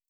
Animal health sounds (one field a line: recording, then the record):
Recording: hydrophone in a shrimp aquaculture tank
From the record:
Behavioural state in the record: starved